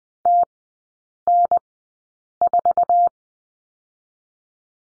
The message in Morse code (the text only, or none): TN4